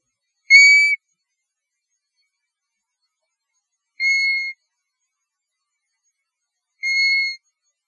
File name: Pluvialis apricaria - European Golden Plover